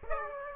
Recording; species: mosquito wingbeat signal from an infrared sensor; Aedes aegypti